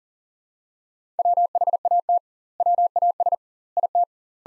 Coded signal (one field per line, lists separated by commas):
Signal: Morse code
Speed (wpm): 37 wpm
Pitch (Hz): 700 Hz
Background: none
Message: WHAT WAS IT